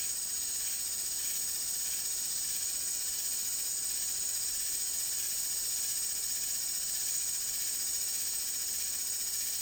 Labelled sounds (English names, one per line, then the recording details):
none
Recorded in dense forest near Puerto Asís, Putumayo, Colombia, on 24 March 2025 at 13:00
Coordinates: 0.503, -76.323
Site GP09